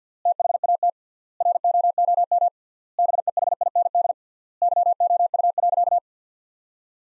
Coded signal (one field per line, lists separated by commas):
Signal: Morse code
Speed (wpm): 50 wpm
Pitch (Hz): 700 Hz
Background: none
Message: THAT ROOM BEHIND YOU.